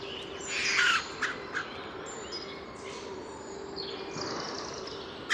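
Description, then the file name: Eurasian jay giving one loud, hoarse screech early on, followed by quieter scattered calls. "Garrulus glandarius"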